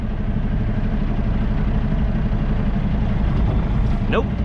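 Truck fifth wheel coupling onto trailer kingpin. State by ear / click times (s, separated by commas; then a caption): not seated / none. A truck tractor idles with a steady low rumble as its fifth wheel is backed under a trailer that is set too high, and a short bump sounds at about 4.1 s. The steel locking jaws have not closed on the trailer kingpin, and nothing has clicked or locked.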